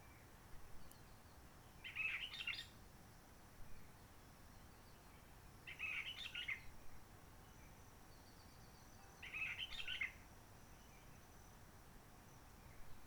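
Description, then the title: Réunion bulbul song, compact warbling phrases repeated about every four seconds, a softer note in between, over steady background noise. Roche Merveilleuse forest, Réunion; calm since 19 March 2020 lockdown, no microlights, helicopters or shouting children; sunny blue-sky weather; birds not very active; song simpler, short phrases adapted to noise pollution. "Roche Merveilleuse, Réunion - Merle de lîle de la Réunion."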